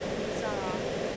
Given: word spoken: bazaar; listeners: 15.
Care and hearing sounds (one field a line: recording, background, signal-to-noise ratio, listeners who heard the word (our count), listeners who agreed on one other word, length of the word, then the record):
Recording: one English word in noise, from a listening test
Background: speech-shaped noise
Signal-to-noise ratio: -7.0 dB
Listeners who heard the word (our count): 0 of 15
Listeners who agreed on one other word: 8 of 15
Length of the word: 0.76 s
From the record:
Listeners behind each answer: 8, 3, 1, 1, 1, 1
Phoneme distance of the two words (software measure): 10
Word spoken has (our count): 2 syllables, 4 phonemes, stress on syllable 2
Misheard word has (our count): 2 syllables, 4 phonemes, stress on syllable 2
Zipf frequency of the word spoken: 2.90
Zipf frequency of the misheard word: 4.22